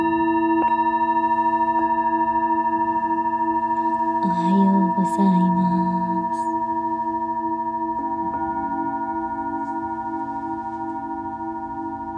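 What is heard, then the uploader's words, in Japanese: Singing bowls ring with long, steady tones that hang in the air, and a soft strike near the start and another around eight seconds add fresh layers of shimmer. Between about four and six seconds a brief, muffled rubbing or handling sound passes underneath the ringing. メキシコから シンギングボウルのサウンドヒーリング ライブ。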